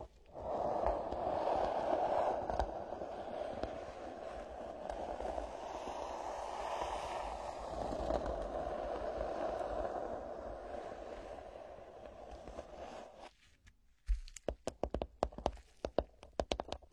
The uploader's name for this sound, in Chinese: 无人声搔耳朵